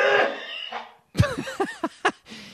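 A single loud, harsh, painful-sounding sneeze burst from an adult who has been feeling ill, followed by brief strained voiced sounds in a small room. The sneeze hurts the throat and face, brings on a headache and leaves the eyes watery.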